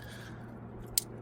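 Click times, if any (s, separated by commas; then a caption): 1.0 s. A plastic wiring harness connector is pushed onto an ignition coil on a 2006–2010 VW Jetta, Golf or Rabbit during valve cover and PCV valve replacement. Over a steady low hum, a single sharp click sounds at 1.0 s as the connector locks on and is seated.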